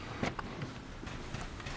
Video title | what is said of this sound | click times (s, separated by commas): KAIDO RACERS INVADE JAPANESE CAR MEET! | you got to push that top button down first remember and then hold it and clicks off awesome | 0.4 s